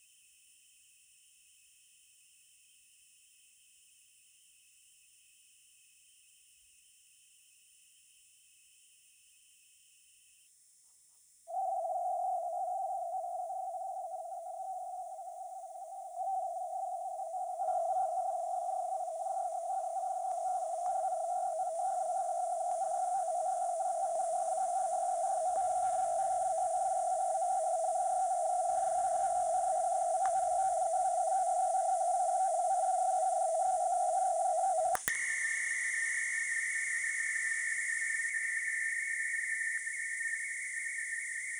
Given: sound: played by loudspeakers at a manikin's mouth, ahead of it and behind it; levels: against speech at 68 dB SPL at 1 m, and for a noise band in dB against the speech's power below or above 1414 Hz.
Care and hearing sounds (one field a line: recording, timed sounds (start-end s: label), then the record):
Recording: test signals for a remote microphone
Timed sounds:
0.00-10.46 s: noise band at 2828 Hz, as loud as that band is in speech
11.46-16.16 s: noise band at 707 Hz, -10 dB
16.16-20.86 s: noise band at 707 Hz, -5 dB
20.86-25.56 s: noise band at 707 Hz, 0 dB
25.56-30.25 s: noise band at 707 Hz, +5 dB
30.25-34.95 s: noise band at 707 Hz, +10 dB
35.07-39.77 s: noise band at 2000 Hz, +10 dB
39.77-41.60 s: noise band at 2000 Hz, +5 dB
From the record:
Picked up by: remote microphone C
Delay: 23 ms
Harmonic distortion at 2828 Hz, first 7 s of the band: under -9 dB (system noise only)